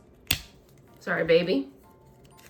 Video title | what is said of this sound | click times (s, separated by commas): Unboxing Miniverse Make It Mini Real Baby, LOL Surprise Princess, and Goliath Games Suite Spaces! | this is actually pretty easy to snap into place. | 0.3 s